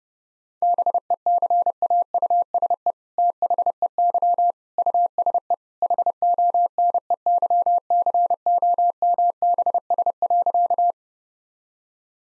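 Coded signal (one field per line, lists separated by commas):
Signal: Morse code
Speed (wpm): 32 wpm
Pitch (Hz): 700 Hz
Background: none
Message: BECAUSE THEY USE HONEYCOMBS.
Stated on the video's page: Morse practice set at 30 wpm.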